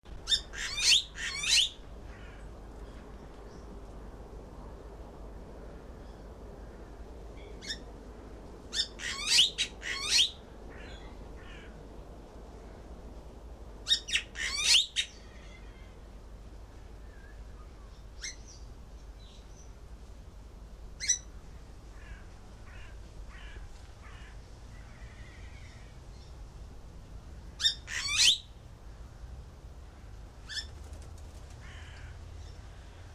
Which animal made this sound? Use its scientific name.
Leucopsar rothschildi